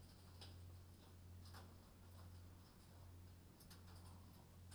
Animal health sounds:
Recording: poultry house recording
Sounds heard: no chicken sound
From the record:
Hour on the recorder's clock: 21

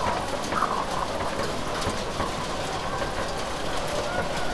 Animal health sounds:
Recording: poultry house recording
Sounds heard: healthy chickens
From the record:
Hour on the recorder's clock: 18

